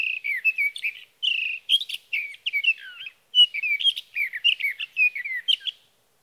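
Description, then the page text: Sage thrasher song, quick tumbling warbles and whistled slurs in three runs separated by brief silences. Male singing through the night near his night roost, evening of June 12 to morning of June 15, 2018, Sierra Valley, California; Swift recorder. "61. Sage thrasher songs, through the night. For three nights, from the evening of June 12 to the morning of June 15, 2018, in Sierra Valley, California, I placed a Swift recorder (see "Recording birdsong") near a male's night roost."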